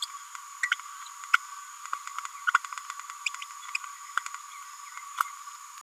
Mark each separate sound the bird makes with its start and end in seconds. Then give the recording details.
0.02-0.06, 0.71-0.75, 1.33-1.38, 2.47-2.51, 2.54-2.58, 3.25-3.29. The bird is a female. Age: 28 days. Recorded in a nest box in Venezuela. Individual 17B102A5